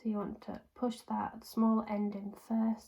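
A Dexcom G6 glucose monitor transmitter is being handled and lined up to press, small end first, into the plastic sensor pod worn on the body, while someone talks throughout. It has not yet been pushed down, and nothing has seated or clicked yet; the click is what would mean it is in.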